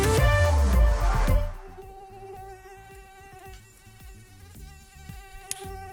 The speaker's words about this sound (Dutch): Dat, ja, je herkent het vast wel. Dit vervelende gezoem midden in de nacht. Een mug die rond je oren aan het zoomen is en je kan hem maar niet vinden.